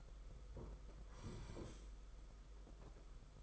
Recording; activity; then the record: daily activity, microphone in the room; sit down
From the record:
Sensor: 5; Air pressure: 991.8 hPa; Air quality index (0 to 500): 144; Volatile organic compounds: 143 ppm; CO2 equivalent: 3991 ppm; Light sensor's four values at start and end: 32/108/40/43 and 32/108/40/43